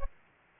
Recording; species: mosquito wingbeat signal from an infrared sensor; Aedes aegypti